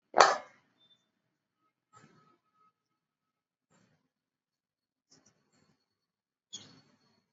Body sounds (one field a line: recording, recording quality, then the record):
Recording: shallow breathing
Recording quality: moderate, slight background noise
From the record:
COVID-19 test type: RT-PCR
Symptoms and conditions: cough, cold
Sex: male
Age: 21 years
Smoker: no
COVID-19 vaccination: both doses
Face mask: worn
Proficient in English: yes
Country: India